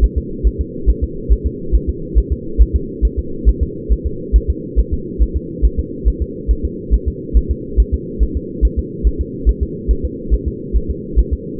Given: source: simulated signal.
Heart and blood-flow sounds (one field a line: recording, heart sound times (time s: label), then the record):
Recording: fetal heart sounds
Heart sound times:
0.04 s: S1
0.18 s: S2
0.47 s: S1
0.61 s: S2
0.90 s: S1
1.04 s: S2
1.32 s: S1
1.46 s: S2
1.75 s: S1
1.89 s: S2
2.18 s: S1
2.32 s: S2
2.62 s: S1
2.75 s: S2
3.05 s: S1
3.19 s: S2
3.49 s: S1
3.63 s: S2
3.92 s: S1
4.06 s: S2
4.36 s: S1
4.50 s: S2
4.79 s: S1
4.93 s: S2
5.22 s: S1
5.37 s: S2
5.65 s: S1
5.79 s: S2
6.08 s: S1
6.22 s: S2
6.51 s: S1
6.65 s: S2
6.94 s: S1
7.08 s: S2
7.37 s: S1
7.51 s: S2
7.80 s: S1
7.94 s: S2
8.23 s: S1
8.37 s: S2
8.65 s: S1
8.79 s: S2
9.07 s: S1
9.21 s: S2
9.49 s: S1
9.63 s: S2
9.91 s: S1
10.05 s: S2
10.34 s: S1
10.48 s: S2
10.76 s: S1
10.90 s: S2
11.19 s: S1
11.33 s: S2
From the record:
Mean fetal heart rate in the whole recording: 140 bpm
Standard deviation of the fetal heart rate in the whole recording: 2 bpm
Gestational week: 34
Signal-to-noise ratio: -4.3 dB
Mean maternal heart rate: 72 bpm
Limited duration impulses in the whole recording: absent